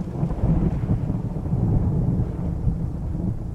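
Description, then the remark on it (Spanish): A low, continuous rumble of thunder rolls steadily for a few seconds, deep and muffled, fading away into the distance as a rainstorm ends and the wind dies down, with no voices present. “Tras unos minutos, por fin la lluvia fue cesando y el viento pareció amainar, ya solo rompiendo el silencio, furtivos truenos que iban alejándose cada vez más.”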